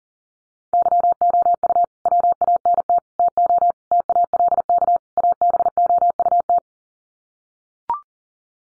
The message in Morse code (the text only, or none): YOU WANT TO TALK ABOUT